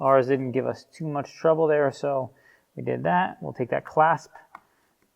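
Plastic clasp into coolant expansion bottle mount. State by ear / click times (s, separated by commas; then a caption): seated / 4.6 s. While refitting the coolant expansion bottle during an engine mount upgrade on an MK7.5 GTI, a plastic clasp is snapped into the bottle's mount before the hose is pushed on. Someone talks for most of the clip, then a sharp tick is heard at 4.6 s as the clasp seats.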